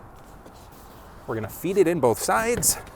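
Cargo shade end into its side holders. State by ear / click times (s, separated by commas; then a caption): not seated / none. A pull-out cargo shade in a 2022 Hyundai Palisade is being fed in on both sides toward its side holders while someone talks over a low, steady background. Nothing has seated or clicked yet.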